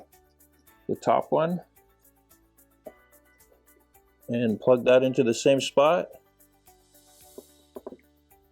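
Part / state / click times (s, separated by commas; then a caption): wiring harness plug into vehicle connector / seated / 7.8 s, 7.9 s. While someone talks, a plastic wiring harness connector from a Hansshow power frunk kit is plugged into the vehicle's connector on a Tesla Model 3 or Model Y. Two sharp clicks follow at 7.8 s and 7.9 s, and the connector is seated.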